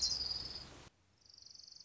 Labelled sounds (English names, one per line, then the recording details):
Orange-crowned Warbler
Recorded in Sonoma County, California